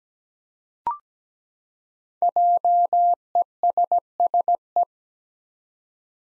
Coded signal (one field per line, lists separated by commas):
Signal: Morse code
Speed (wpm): 17 wpm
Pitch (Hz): 700 Hz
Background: none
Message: JESSE